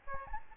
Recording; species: mosquito wingbeat signal from an infrared sensor; Aedes albopictus